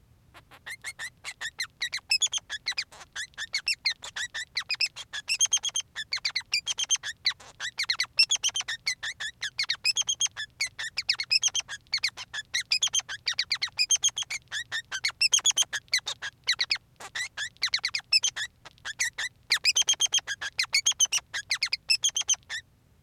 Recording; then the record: song of a male Bengalese finch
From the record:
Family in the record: son of father 3